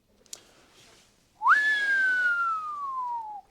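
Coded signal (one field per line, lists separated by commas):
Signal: whistle signal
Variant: crane dogman whistle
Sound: one long human whistle, rising sharply then slowly falling in pitch, about two seconds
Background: small room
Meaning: Rope down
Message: 1 long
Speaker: We do the same signal for rope down. One long signal.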